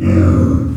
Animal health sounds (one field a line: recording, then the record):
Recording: squeal of a Yucatan mini pig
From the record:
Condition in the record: after surgery on the right vocal fold (resection and tissue-engineered implant)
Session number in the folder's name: 11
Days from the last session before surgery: 98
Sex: female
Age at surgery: 19 weeks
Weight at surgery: 25 kg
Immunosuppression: prednisolone